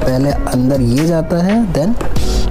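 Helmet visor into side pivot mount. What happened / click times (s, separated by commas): Handled, not yet home: the part has not seated / none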